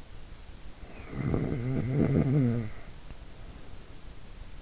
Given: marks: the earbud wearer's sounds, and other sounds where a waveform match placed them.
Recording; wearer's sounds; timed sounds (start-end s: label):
sounds in sleep by an in-ear microphone; snoring breath
0.64-3.90 s: snoring breath